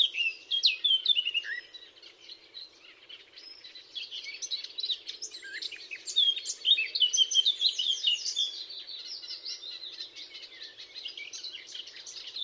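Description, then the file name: Eurasian blackcap singing a rich, varied warble of quick fluty and scratchy notes throughout. "Sylvia atricapilla"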